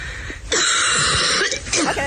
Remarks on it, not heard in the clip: She basically had a coughing fit on a video. It was a coughing fit that got messy on Instagram. I'm sick. I have been sick for the last 2 weeks.